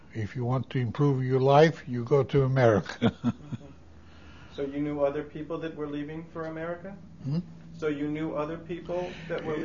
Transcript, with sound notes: If you want to improve your life, you go to America. ( he laughs )
So you knew other people that were leaving for America?
Huh?
So you knew other people that were leaving for...